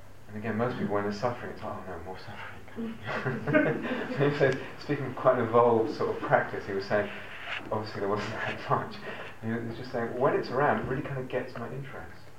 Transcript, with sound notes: And again, most people, when there's suffering, it's "Oh no, more suffering!" [laughter] So he said, speaking of quite evolved sort of practice, he was saying -- obviously it wasn't that much -- and he was just saying, "When it's around, it really kind of gets my interest."